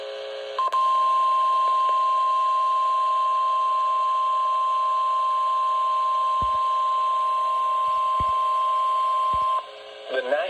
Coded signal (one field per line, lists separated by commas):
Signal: Emergency Alert System (SAME) tones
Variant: 1050 Hz attention tone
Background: speech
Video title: EAS #286 Severe Thunderstorm Warning || June 26th, 2025